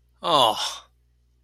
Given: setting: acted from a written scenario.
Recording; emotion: vocal sound without words; sympathy